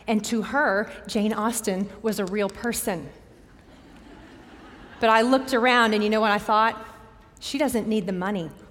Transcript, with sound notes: And to her, Jane Austen was a real person. [laughter] But I looked around, and you know what I thought? She doesn't need the money.